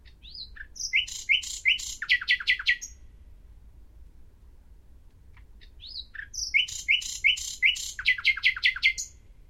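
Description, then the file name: Common nightingale song: two similar phrases separated by a pause, each opening with slurred whistles and breaking into fast, rattling repeated notes. "Luscinia megarhynchos"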